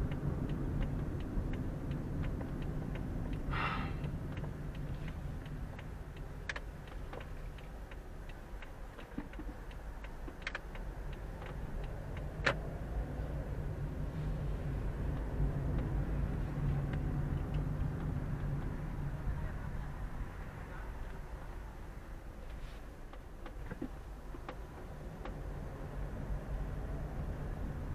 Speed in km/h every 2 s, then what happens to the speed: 27, 23, 15, 8, 5, 7, 13, 19, 22, 15, 7, 5, 7, 12.
0-8 slows to 5. 8-15 speeds up to 22. 15-21 slows to 5.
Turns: 6-14.